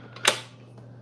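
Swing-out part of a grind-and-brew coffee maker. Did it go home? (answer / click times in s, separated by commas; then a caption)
yes / 0.3 s. A swing-out part of a Breville Grind and Brew coffee maker is pushed over until it clicks into place, with a small tick at 0.2 s, a sharp, loud click at 0.3 s, and a faint tap near 0.8 s over a steady low hum. The part seats at the 0.3 s click.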